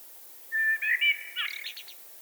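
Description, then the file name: Eurasian blackbird giving one song phrase: a mellow fluted whistle followed by a rapid, higher, scratchy twittering flourish. "Turdus merula"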